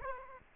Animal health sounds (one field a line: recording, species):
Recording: mosquito wingbeat signal from an infrared sensor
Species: Aedes aegypti